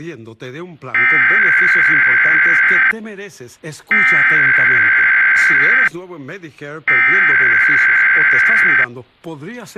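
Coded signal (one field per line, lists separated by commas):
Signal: Emergency Alert System (SAME) tones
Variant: header bursts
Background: speech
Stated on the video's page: Required Monthly Test captured on several TV channels.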